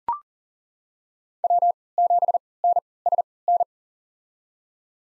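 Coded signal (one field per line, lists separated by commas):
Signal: Morse code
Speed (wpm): 37 wpm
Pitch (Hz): 700 Hz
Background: none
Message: W7NSN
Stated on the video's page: Farnsworth-timed Morse practice of 5-character USA call signs at 40 wpm with 3x character spacing, for head-copy drill.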